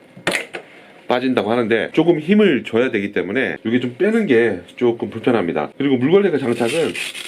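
With the robot body held, an index finger hooked under the mop pad holder lifts it up, and it pops off an Everybot Edge robot mop cleaner's hex drive with a sharp click at 0.3 s, followed by a couple of small knocks. It takes some force to remove, and the mop pad holder comes free. Someone then talks.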